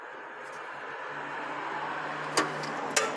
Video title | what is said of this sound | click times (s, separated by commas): Rodeo Isuzu Colorado D-Max Pull Type Thrust Bearing Replacement Clutch Plate Alignment How to DIY | There we go, click, and that's in. | 3.0 s